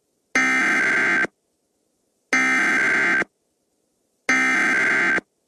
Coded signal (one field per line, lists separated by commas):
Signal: Emergency Alert System (SAME) tones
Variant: header bursts